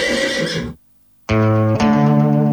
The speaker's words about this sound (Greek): Το άλογο απάντησε.